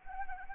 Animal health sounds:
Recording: mosquito wingbeat signal from an infrared sensor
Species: Anopheles arabiensis

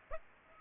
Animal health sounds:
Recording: mosquito wingbeat signal from an infrared sensor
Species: Aedes aegypti

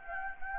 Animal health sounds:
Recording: mosquito wingbeat signal from an infrared sensor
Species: Anopheles gambiae

